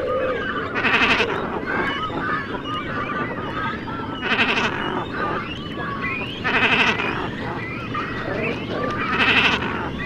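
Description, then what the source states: Great Cormorant colony: loud, harsh, bleating bursts repeated every few seconds over continuous lower croaking chatter. Breeding colony near Stralsund, the only one currently on the German coast, nests in old trees of a small wood; nestlings give rhythmic, repeated hoarse calls, adults deep throaty call series and creaking sounds.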